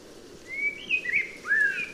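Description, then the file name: Common blackbird song: clear fluted whistles, one rising, one wavering, and a last lower mellow slide, over faint hiss. "Turdus merula"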